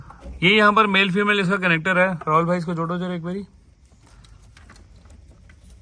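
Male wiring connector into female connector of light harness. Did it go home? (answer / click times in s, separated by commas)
no / none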